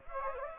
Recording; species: mosquito wingbeat signal from an infrared sensor; Anopheles gambiae